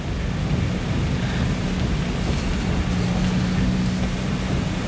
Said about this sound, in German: Ich muss leider langsam fahren. Der Sturm ist so stark, dass er den Wagen fast an der Straße weht.